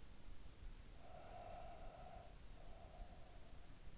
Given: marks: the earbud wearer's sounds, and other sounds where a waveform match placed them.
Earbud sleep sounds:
sounds in sleep by an in-ear microphone; breath
0.66-3.88 s: breath

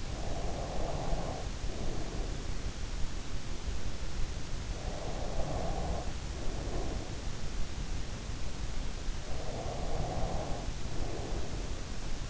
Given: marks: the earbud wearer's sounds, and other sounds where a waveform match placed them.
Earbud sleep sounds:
sounds in sleep by an in-ear microphone; breath
0.00-2.97 s: breath
4.74-7.69 s: breath
9.24-12.30 s: breath

